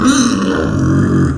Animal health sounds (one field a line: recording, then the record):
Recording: squeal of a Yucatan mini pig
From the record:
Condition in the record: after surgery on the right vocal fold (resection and tissue-engineered implant)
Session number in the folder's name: 6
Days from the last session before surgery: 40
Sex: female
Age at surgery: 19 weeks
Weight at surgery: 25 kg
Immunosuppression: prednisolone